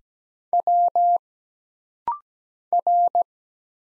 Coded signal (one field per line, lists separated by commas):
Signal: Morse code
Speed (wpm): 17 wpm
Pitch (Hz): 700 Hz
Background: none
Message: W R